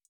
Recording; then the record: hydrophone in a shrimp aquaculture tank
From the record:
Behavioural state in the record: feeding